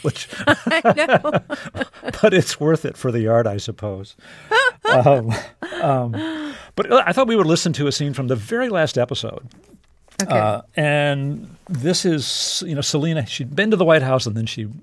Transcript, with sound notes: which....
(LAUGHTER)
I know.
But it's worth it for the art, I suppose.
(Laughter).
But I thought we would listen to a scene from the very last episode.
OK.
And this is, you know, Selina. She'd been to the White House. And then